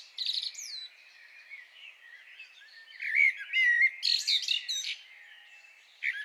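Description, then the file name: Common blackbird song, a short high phrase and soft warbling, then a loud burst of fluty notes and sharp high squeaks, another phrase starting at the end. "Turdus merula"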